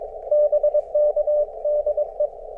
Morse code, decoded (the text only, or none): BK DE